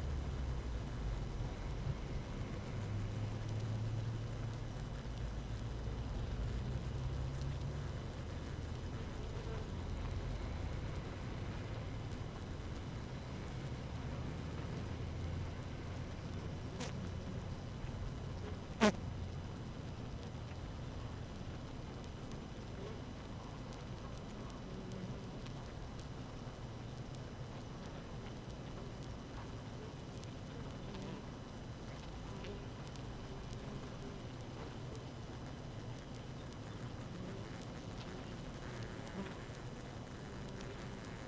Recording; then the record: honeybee colony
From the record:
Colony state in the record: active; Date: 12 June 2018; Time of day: 6:16